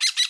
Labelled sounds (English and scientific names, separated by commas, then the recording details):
Brown-throated Parakeet (Eupsittula pertinax) contact call
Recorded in Bonaire
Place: 1 km E of roosting area just N of Seru Largu
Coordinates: 12.199, -68.268